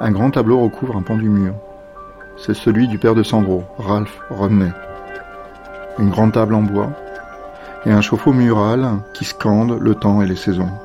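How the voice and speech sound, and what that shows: An adult man reads a French description aloud in a low, steady voice, in phrases split by short pauses. Voicing is clear and smooth, with no repeats, blocks or slurring. This is ordinary fluent narration against a quiet background.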